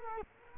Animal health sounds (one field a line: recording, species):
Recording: mosquito wingbeat signal from an infrared sensor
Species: Culex quinquefasciatus